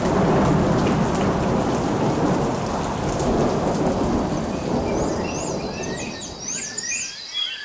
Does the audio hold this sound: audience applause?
no